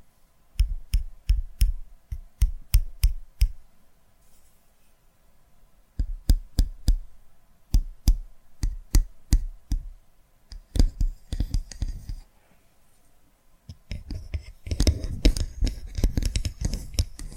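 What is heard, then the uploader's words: Crisp tapping comes in quick bursts of a few strikes each, separated by short pauses. After a gap near the thirteenth second, the tapping returns denser and more rustling, blending into a continuous scratchy texture with soft whispery sounds. ASMR Tapping Through Your Brain Invisible + Triggers (No Talking).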